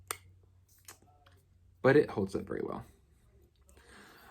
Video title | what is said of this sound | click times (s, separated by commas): Armani Aqua di Giò Profondo Review - VoxBox - Influenster | it's not magnetic like some caps are this one just snaps into place but | 0.1 s